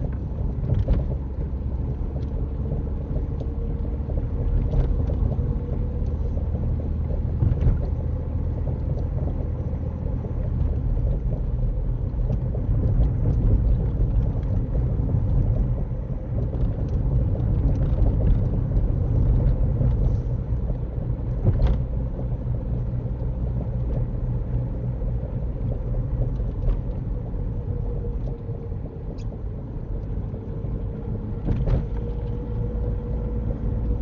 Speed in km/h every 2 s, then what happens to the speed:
39, 40, 42, 44, 44, 44, 45, 45, 44, 45, 45, 45, 44, 40, 39, 40, 40.
0-23 steady at about 44. 23-27 slows to 39. 27-34 steady at about 40.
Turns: none.